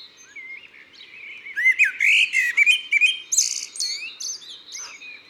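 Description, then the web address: Common blackbird song: soft fluty warbled phrases that rise into a brighter, squeaky twittering flourish near the end. "Merle noir ABC des chants doiseaux. album abc-des-chants-doiseaux"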